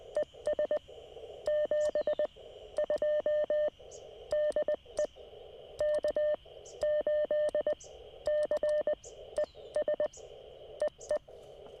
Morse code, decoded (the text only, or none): ES 72 DE K8CES EE